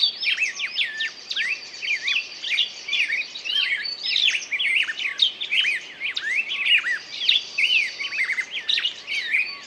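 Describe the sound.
Birds singing in a busy chorus of quick high chirps, trills and sweeping whistled notes, overlapping continuously with no pause.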